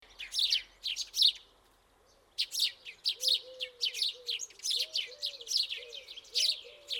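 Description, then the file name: House sparrow calls: a few loud chirps, a brief pause, then a lively run of repeated chirps with quiet low rounded notes beneath. "Passer domesticus"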